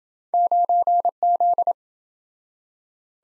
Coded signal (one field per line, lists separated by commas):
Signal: Morse code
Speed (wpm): 26 wpm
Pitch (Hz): 700 Hz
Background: none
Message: 9Z